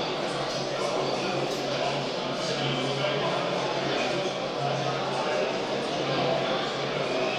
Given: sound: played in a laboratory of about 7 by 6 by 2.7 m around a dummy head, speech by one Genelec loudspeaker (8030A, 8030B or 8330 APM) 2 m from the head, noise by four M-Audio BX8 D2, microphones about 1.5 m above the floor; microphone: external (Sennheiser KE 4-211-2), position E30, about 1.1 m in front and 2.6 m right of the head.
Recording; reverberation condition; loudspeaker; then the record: cafeteria noise; high; four, about 170 cm from the corners of the room and facing them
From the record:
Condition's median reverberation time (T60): about 1300 ms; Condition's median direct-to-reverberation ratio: about -4.0 dB